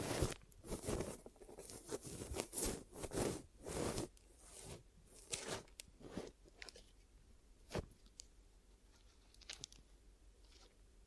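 Glue ear massage and cleaning: dense crackly rubbing and crunching for four seconds, then sparser scratchy touches with a sharp click near eight seconds.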